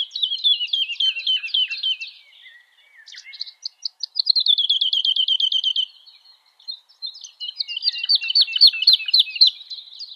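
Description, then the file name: Lark song: a fast, continuous high warbling of chirps and trills, with a rapid even buzzy trill in the middle, brief pauses between bursts. "Bird Lark Sound"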